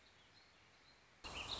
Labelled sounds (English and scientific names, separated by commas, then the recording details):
Warbling Vireo (Vireo gilvus)
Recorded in Sonoma County, California